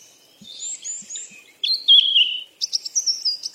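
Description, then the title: Bird chirping: thin high whistled notes, then a longer sliding whistle and a quick run of sharp chirps near the end. "鸟儿喳喳"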